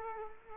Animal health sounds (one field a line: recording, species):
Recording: mosquito wingbeat signal from an infrared sensor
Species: Culex quinquefasciatus